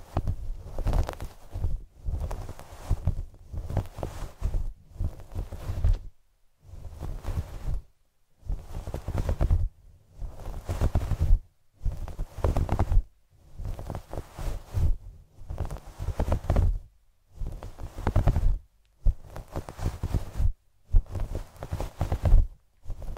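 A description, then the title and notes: Fluffy mic triggers: a furry microphone cover is rubbed in repeated strokes, each about a second long, separated by brief pauses of near silence. Every stroke carries a deep, muffled rumble under a soft scratchy hiss, and the pattern holds steady throughout. TimASMR- ASMR ~BRAIN MELTING~ Fluffy Mic TRIGGERS (Scalp Massage, Brushing, No Talking).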